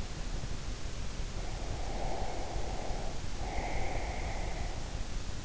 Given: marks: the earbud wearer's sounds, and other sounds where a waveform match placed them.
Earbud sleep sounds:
sounds in sleep by an in-ear microphone; breath
1.48-4.95 s: breath

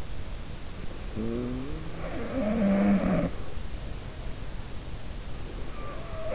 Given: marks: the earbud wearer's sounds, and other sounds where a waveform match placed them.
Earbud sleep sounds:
sounds in sleep by an in-ear microphone; snoring breath
0.86-2.47 s: snoring breath
1.93-4.12 s: sound from someone else or the room

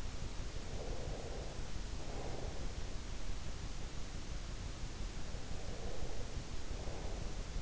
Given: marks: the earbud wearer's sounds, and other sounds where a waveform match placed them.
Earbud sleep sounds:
sounds in sleep by an in-ear microphone; breath
0.62-2.85 s: breath
5.50-7.61 s: breath

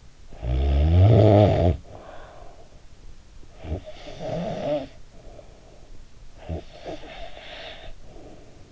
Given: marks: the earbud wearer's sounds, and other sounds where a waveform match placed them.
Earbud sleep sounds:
sounds in sleep by an in-ear microphone; snoring breath
0.12-2.98 s: snoring breath
3.47-5.95 s: snoring breath
6.24-8.72 s: snoring breath

